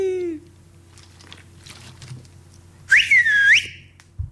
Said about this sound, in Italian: Questo è mio padre. Una cosa che mi dà fastidio di lui è che mi chiami fischiando come farebbe ancora una pecora.